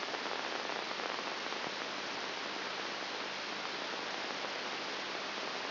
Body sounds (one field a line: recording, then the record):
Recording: brain microelectrode recording played as sound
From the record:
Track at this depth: inside the subthalamic nucleus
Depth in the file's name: 0.702 mm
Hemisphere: right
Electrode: 3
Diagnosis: Parkinson's disease